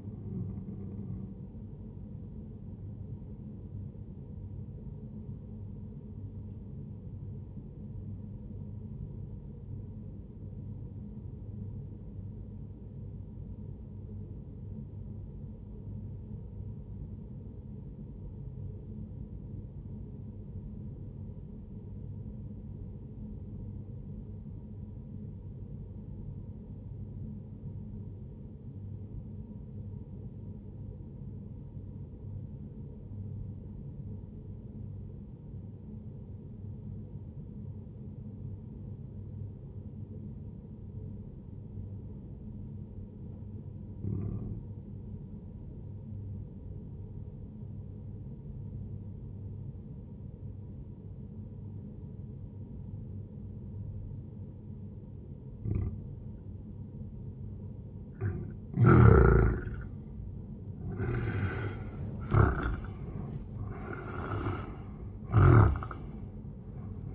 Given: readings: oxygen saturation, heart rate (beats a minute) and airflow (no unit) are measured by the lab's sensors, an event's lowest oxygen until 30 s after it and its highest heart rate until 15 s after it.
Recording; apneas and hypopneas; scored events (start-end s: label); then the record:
breathing in sleep by a smartphone at the bedside; 1
5.00-57.10 s: obstructive apnea (N1, oxygen 98% highest, then 87% lowest, heart rate 64 at the start, 83 highest)
18.00-67.14 s: new sleep stage, N2 (light sleep)
From the record:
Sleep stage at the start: N1 (lightest sleep); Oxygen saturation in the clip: 89 to 98%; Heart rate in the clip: 57 to 81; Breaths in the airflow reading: 4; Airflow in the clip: -15.7 to 12.4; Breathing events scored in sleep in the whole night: 131 in 7.2 hours asleep